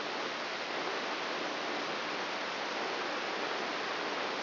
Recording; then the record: brain microelectrode recording played as sound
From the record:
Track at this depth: outside the subthalamic nucleus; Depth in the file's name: 8.304 mm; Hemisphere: left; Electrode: 3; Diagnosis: Parkinson's disease